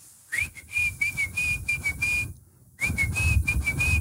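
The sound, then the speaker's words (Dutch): A pigeon keeper's own whistled call for summoning homing pigeons, used daily: two long, high, trilling whistles with a slight warble, separated by a short pause, over a low rumbling background. “Je fluit die duiven, want dat is het versdragende geluid.”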